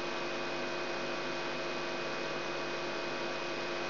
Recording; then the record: brain microelectrode recording played as sound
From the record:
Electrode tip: outside the subthalamic nucleus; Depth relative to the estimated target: 3 mm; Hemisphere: right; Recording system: AlphaMap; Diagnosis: Parkinson's disease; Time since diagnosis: 16 years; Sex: male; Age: 67 years